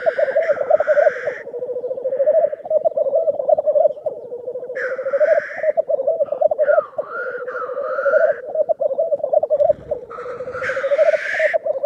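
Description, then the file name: Black grouse bubbling continuously, punctuated by several harsh hissing sneezes at irregular intervals. "Digiffects Sound Effects Library - Black Grouse Bird Version 1"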